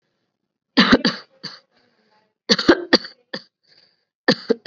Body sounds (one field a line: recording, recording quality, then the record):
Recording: shallow voluntary cough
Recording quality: excellent, no background noise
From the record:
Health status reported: COVID-19 positive, mild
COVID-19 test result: positive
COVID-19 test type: RT-PCR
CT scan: not taken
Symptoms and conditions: cough, cold, fever, fatigue, muscle pain, another condition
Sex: female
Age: 25 years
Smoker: no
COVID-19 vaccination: none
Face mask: not worn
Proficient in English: no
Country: India